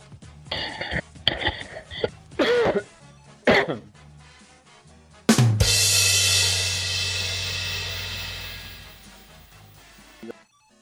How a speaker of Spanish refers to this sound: Porque te veo ahí con tos, tío. Sí, es que estoy medio resfriado, además, soy propenso a la tos.